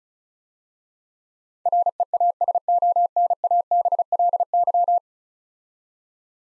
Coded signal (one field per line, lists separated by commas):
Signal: Morse code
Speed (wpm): 36 wpm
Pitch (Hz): 700 Hz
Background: none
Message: REASONABLY